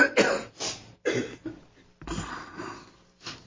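An adult man coughs several times in a row; he has a winter cold.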